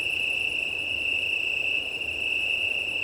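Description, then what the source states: Italian tree cricket chorus, a constant ringing trill sustained throughout, with soft pulsing insect chirps above and gusty low wind rumble beneath. Chorus of many Italian tree crickets at start of night, 20:35 on 18 September 2019, Plateau de Lesches en Diois, Drôme, France; windy; recorded with Nomad six-track recorder and MKH8020 microphones.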